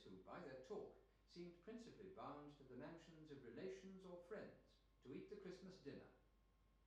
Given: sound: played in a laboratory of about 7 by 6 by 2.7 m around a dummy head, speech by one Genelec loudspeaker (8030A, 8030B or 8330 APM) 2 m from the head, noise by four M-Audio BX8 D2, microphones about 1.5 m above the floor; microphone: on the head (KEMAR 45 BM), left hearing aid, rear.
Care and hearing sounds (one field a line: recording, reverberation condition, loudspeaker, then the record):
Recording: male speech in English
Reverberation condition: medium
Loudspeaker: 60 degrees to the right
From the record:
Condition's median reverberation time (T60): about 510 ms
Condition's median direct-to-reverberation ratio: about -0.5 dB